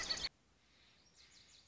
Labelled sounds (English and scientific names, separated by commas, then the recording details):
Lazuli Bunting (Passerina amoena)
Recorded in Sonoma County, California